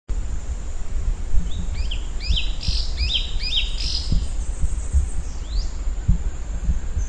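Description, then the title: Bird song, a short phrase of quick high downslurred chirps repeated several times, then a single higher note, over steady low rumbling noise and a constant high hiss. "LuckyPassaro Completos2Sama"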